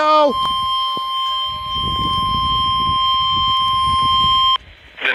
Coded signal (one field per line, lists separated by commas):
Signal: Emergency Alert System (SAME) tones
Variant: 1050 Hz attention tone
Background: speech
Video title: EAS 597 - Severe Thunderstorm Warning